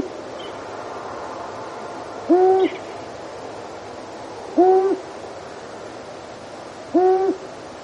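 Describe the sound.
Long-eared owl giving three deep, even hoots spaced about two and a half seconds apart over a steady background hiss.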